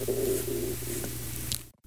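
Low, wavering gurgling rumble fading over about two seconds: an adult's stomach growling, ordinary borborygmi from hunger.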